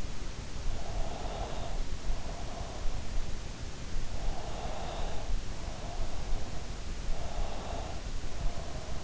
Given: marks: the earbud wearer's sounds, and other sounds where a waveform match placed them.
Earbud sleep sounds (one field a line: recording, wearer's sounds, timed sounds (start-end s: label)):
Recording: sounds in sleep by an in-ear microphone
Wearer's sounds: breath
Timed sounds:
0.63-2.90 s: breath
3.93-6.36 s: breath
7.10-9.04 s: breath